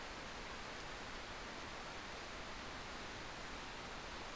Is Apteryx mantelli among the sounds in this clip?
no